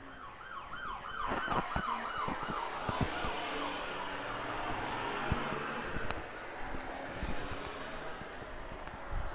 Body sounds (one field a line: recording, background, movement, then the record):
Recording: deep breathing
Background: traffic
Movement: walking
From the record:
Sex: female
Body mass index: 18.8 kg/m2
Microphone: on the chest, facing outward